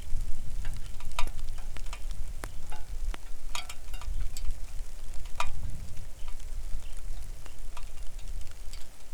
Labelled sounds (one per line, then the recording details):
songbird
wind
rain
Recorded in the Arctic National Wildlife Refuge, Alaska, on 3 August 2019 at 09:50
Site 41